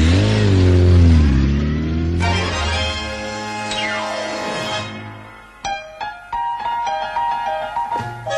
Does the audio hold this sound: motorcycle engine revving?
yes